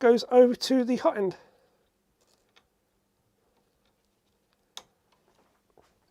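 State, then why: Seated. Someone talks, then a keyed cable connector going to the hot end is plugged into its socket on an Anycubic Vyper 3D printer. After a quiet pause, a single sharp click at 4.8 s marks the connector locking into place, followed by a faint tick near 5.8 s.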